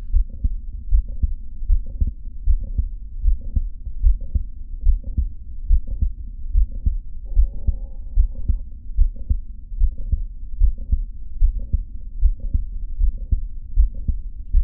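Steady low heart sounds at about 74 beats a minute in an adult, with short extra clicks in systole and a soft, quiet murmur late in systole. Systolic clicks with a late systolic murmur are an auscultatory sign of mitral valve prolapse.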